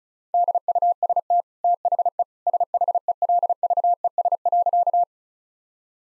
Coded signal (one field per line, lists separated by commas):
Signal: Morse code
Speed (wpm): 36 wpm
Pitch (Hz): 700 Hz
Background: none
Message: DUST THE SHELVES.